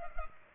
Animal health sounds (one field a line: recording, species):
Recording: mosquito wingbeat signal from an infrared sensor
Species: Culex pipiens